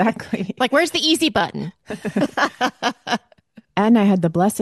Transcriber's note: laughs